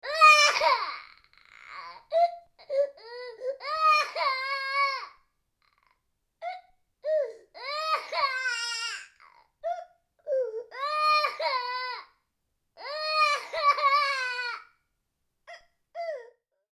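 A baby cries in rhythmic bursts of about a second each. The wails are high-pitched and clearly tonal, with short pauses for breath between them. The setting is quiet, with no other sounds in the background.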